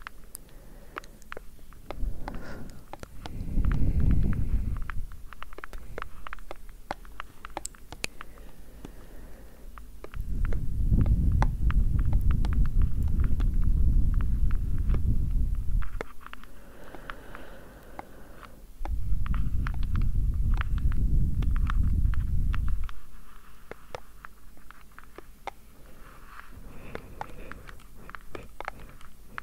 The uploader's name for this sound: gentle Tapping - Breathing, Blowing